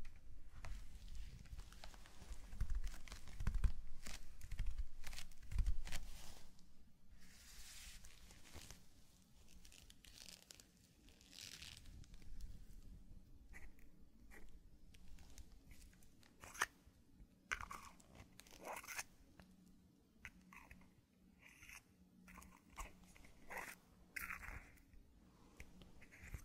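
Close, textured handling sounds of a zen garden: sand crinkling and brushing, with irregular scratchy bursts and light taps scattered throughout. A low rumble sits underneath during the first few seconds, and the later half brings sharper, brighter crinkles and brief tapping, possibly on a cup.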